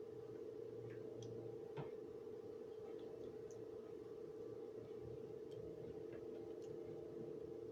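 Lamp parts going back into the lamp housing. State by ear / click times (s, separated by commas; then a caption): not seated / none. Removed lamp pieces are pushed back into the lamp housing, expected to snap into place. Only a few faint ticks, the most noticeable near 1.2 s, are heard over a steady low hum. The parts fail to snap in, and nothing has seated or clicked yet.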